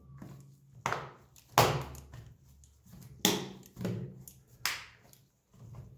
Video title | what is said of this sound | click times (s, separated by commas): Lenovo 480 Upgrade | push down firmly, you can hear it clicking. | 0.9 s, 1.6 s, 3.2 s, 4.7 s